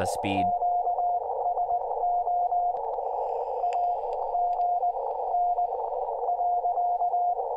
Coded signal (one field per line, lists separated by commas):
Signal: Morse code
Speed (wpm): 19 wpm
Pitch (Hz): 710 Hz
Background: speech, radio noise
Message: QSO AGN .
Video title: First Look at Yaesu FTdx-10 Ham Radio - Livestream